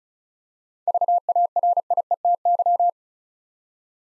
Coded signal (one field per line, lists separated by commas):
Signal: Morse code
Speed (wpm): 35 wpm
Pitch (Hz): 700 Hz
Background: none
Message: VARIETY